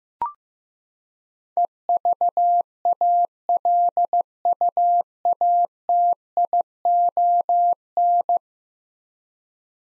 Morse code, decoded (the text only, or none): EVALUATION